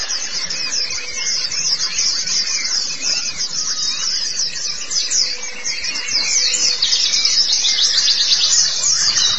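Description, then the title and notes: White-eye song: lively, very high twittering in rapid chirps and slurred notes throughout. "Kicauan Burung Pleci Durasi Panjang. Suara kicauan burung pleci"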